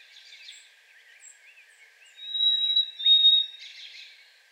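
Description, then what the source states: Harris's sparrow song: a long, pure, steady whistle held for over a second with a brief break, over soft chattering and twittering from other birds. Singing in a yard.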